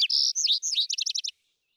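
Vesper sparrow song fragment: a long buzzy note, then a quickening series of short slurred notes running into a rapid trill that stops abruptly.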